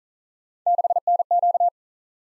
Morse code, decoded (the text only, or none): 6NQ